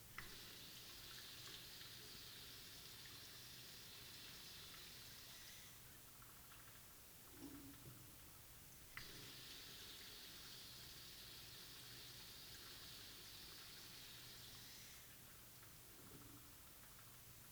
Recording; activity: daily activity, guitar pickup as the sensor; flush